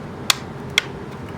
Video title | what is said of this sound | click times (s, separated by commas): Dyson DC29 Powerhead Full Disassembly, Cleaning / Reassemble, How to Inspect and Clean your Vacuums | but you press and squeeze it until you hear the snap. | 0.3 s, 0.8 s